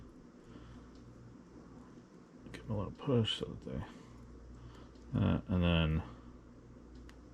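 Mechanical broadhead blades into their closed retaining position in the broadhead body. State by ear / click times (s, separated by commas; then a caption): seated / 7.1 s. Someone talks while pushing the mechanical blades of a crossbow broadhead closed into their retaining position in the broadhead body. After the speech, over a steady low background hum, a short sharp click is heard at 7.1 s as the blades seat in place.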